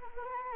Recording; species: mosquito wingbeat signal from an infrared sensor; Anopheles arabiensis